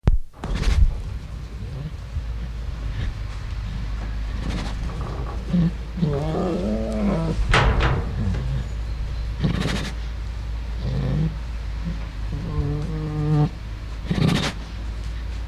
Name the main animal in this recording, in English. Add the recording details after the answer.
Tiger. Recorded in captivity. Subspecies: altaica. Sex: female. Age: adult. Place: Zoo Leipzig, Sachsen, DE. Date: 1977-09-14 08:50. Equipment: Nagra SN, Kopie Uher Variocord. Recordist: Tembrock, Günter